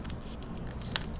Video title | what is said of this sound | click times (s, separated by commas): Sony A7 III I You Need This 4k Mirrorless DIGITAL CAMERA for Your SIDE HUSTLE | Heard that little click? Alright, there it is. | 1.0 s